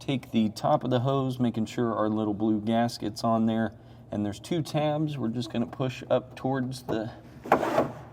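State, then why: Seated. Someone talks while fitting the top of a drain hose, with its little blue gasket, up into the cover box of a Pace Edwards Switchblade retractable hard tonneau cover on a 2017 Ford F-350 Super Duty, pushing on its two tabs. A sharp snap at 7.5 s marks the hose fitting clicking into place, seated.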